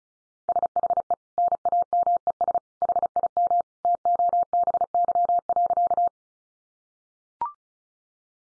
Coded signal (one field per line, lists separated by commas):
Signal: Morse code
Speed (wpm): 34 wpm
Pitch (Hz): 700 Hz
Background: none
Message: SHE NAMES HIM TOBY.